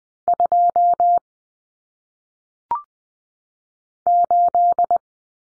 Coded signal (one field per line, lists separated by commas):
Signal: Morse code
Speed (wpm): 20 wpm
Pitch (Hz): 700 Hz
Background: none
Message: 2 8